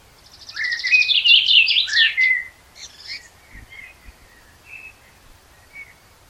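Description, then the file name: Common blackbird singing a dense, squeaky twittering phrase, followed by a few soft scattered notes. "Turdus merula"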